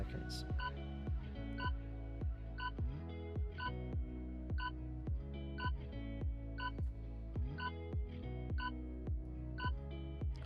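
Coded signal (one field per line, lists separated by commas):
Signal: none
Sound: quiz timer countdown beeps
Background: speech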